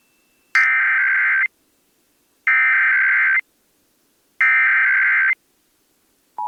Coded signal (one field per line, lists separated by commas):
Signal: Emergency Alert System (SAME) tones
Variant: header bursts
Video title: EAS #249- Georgia RMT on WNGC